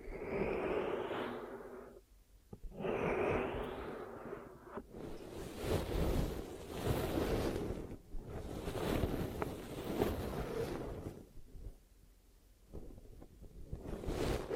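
Ear massage and cleaning: rough, whooshing rubbing that swells and fades in long strokes, full and low with a hissy top. Brief pauses break it near 2, 5 and 8 seconds, and a longer lull follows around 12 seconds.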